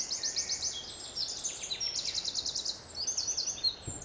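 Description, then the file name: Eurasian wren rattling off shrill, quick-fire trilled notes throughout, a continuous high tumbling phrase with a soft thump at the very end. "Troglodytes troglodytes"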